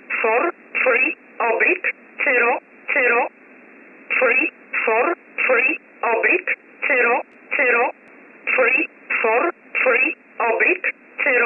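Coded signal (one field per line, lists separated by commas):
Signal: numbers station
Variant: E11 Oblique, English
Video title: 14 07 2021 Number station E11 Oblique in English to Eu 0745 on 15720 unknown tx site in USB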